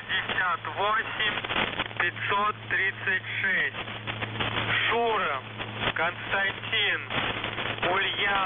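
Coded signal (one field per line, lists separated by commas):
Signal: coded military voice message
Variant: The Goose, Russian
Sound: a voice speaking Russian over a narrow radio channel with a steady low hum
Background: radio hum and static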